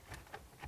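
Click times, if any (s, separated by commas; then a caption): none. A plastic center dash air vent on a 2003+ BMW X3 (E83) is pushed into the center dash panel in one quick motion. A short knock sounds at about 0.3 s against faint background noise. The vent fails to snap in, and nothing has seated or clicked yet.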